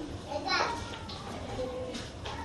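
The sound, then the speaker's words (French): Children making noise in the room during a teaching: high, lively young voices chattering and calling out over a steady background hum, with a brief louder burst early on before settling into continuous murmuring. “Suivez les enfants là-dessus pour qu'ils ne fassent pas de bruit.”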